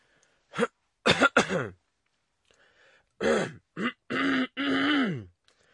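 A man's acted dry cough in two clusters of short voiced bursts: three quick throaty coughs, a pause, then four more that stretch into groaning, throat-clearing sounds. No wet rattle is heard.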